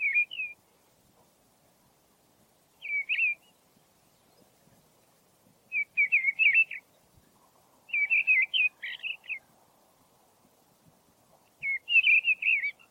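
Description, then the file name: Mistle thrush singing brief, varied whistled phrases, about five in all, each a quick cluster of mellow notes separated by pauses of one to two and a half seconds. "grive-draine-timo s"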